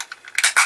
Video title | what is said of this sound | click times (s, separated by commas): Build the Goldfinger Aston Martin DB5 Issue 18 Stage 68 - Build the Passenger Seat | it's everything snapped in place you heard that right and | 0.4 s